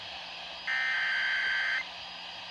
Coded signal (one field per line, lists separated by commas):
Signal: Emergency Alert System (SAME) tones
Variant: header bursts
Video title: EAS#146 Severe Thunderstorm Warning